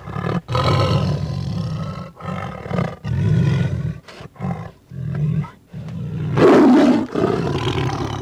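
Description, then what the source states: Tiger growling in repeated low rumbles with short breaks, with a louder hoarse, wheezy burst near the end. Growls mixed with some wheezes.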